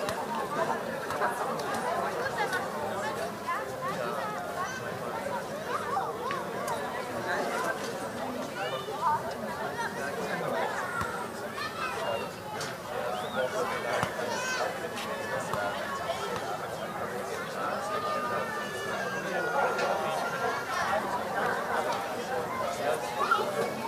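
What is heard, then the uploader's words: Children at play on a summer evening, their voices overlapping in a dense, continuous chatter. Bright shouts and calls rise above the steady babble every few seconds. The level stays fairly even throughout, with a low rumble underneath. Audio Journeys of Berlin: Summer Evening Joy and Child Play.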